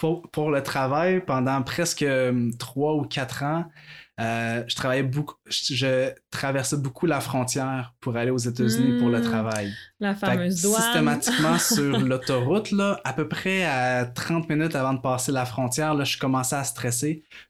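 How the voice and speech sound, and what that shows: An adult man who stutters and has had speech therapy talks in fluent-sounding Canadian French after nearly an hour of talking, tired and catching on words more. His steady, voiced speech is broken by mild stuttering moments: a word repetition at the start ("pour, pour"), a repeated and stretched "je" followed by a pause, and a drawn-out consonant before he resumes.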